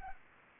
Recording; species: mosquito wingbeat signal from an infrared sensor; Anopheles arabiensis